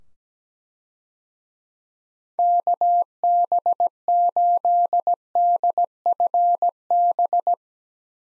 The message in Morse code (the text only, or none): KB8DFB